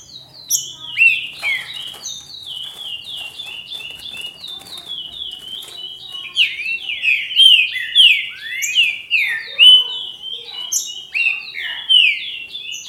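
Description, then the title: Green-winged saltator pouring out a continuous string of fast whistled slurs, with busy high chips and twitters. "Trinca Ferro"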